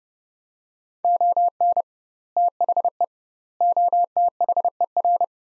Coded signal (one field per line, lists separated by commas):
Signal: Morse code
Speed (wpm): 30 wpm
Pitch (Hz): 700 Hz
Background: none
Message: ON THE OTHER